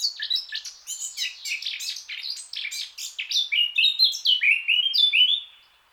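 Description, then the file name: Eurasian blackcap song: a fast, scratchy twitter that turns into clear, fluting whistled phrases. "Sylvia atricapilla"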